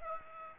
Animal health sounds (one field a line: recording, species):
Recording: mosquito wingbeat signal from an infrared sensor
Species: Aedes aegypti